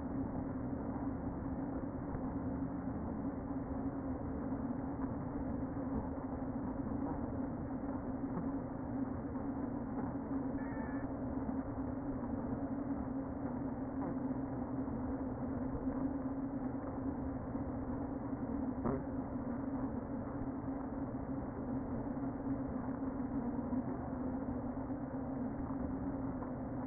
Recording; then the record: honeybee colony, microphone inside the hive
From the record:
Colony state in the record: queen present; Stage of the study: before two queens were removed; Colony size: about 60,000 bees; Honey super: yes